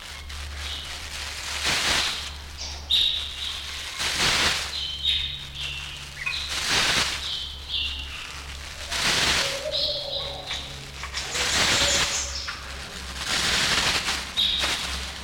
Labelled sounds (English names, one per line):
Sulawesi Myna